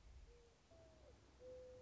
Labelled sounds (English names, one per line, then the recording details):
Mourning Dove
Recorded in Sonoma County, California